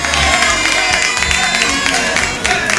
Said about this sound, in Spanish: Que suenen más fuerte esas palmas, por favor, y con el fondo musical de La Punta para estos 5 amigos de La Punta.